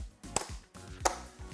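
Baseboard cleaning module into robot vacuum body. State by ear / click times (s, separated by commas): seated / 0.4 s, 1.1 s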